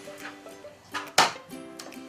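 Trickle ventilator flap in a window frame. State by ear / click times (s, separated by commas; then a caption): released / 1.2 s. A plastic trickle ventilator flap on a uPVC window frame is pushed and snaps open with a sharp click at 1.2 s, over soft background music. Fainter ticks follow at about 1.8 s and 1.9 s, and the vent is left open to let a small amount of air through.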